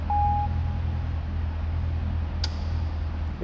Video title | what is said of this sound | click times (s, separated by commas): 2011 CHEVY CORVETTE GRAND SPORT 3LT 100 COVERTIBLE ACTIC WHITE BEST CORVETTE INTERIOR 13053Z SOLD! | hear it click and then you know it's down properly all right | 2.4 s